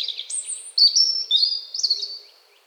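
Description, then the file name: European robin song: thin, high warbled phrases, a sharp upward jump then sliding whistled notes and a final quavering flourish, with no other clear sounds. "Erithacus rubecula"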